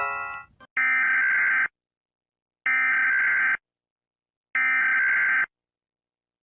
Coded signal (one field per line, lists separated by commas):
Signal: Emergency Alert System (SAME) tones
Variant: header bursts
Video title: eas alarms